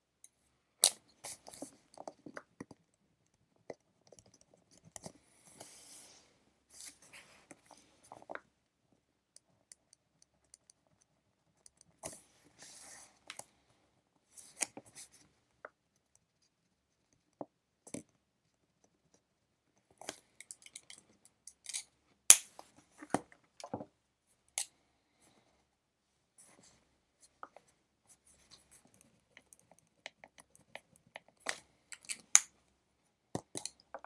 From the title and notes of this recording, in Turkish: Ev, kütüphane çalışmaları ortam sesi. Kurşun kalem ile ders çalışma; ortam sesleri, beyaz gürültü alt yapısı.